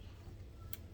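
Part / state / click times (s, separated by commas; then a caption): swinging stand into its detent on the motorcycle frame / seated / 0.7 s. On an old Honda XL250R dirt bike, a metal swinging stand that still swings smoothly is pushed into its detent on the motorcycle frame, with a low steady rumble underneath. A single sharp, bright click is heard at 0.7 s as the stand snaps into position, confirming the detent still works and the stand has seated.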